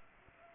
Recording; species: mosquito wingbeat signal from an infrared sensor; Culex pipiens